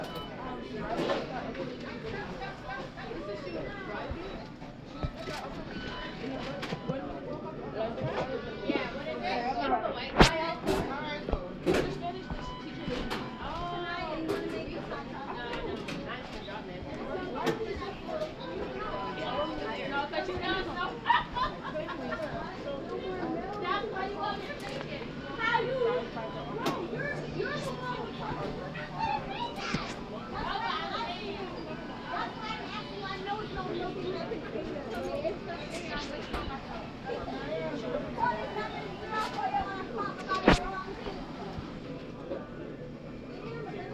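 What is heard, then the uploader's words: Busy McDonald's in NYC: a steady crowd of overlapping voices and chatter, with frequent sharp clatters and clinks throughout and a low hum beneath. NYC sounds: McDonald's.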